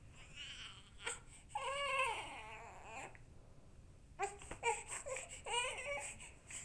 Baby Cry.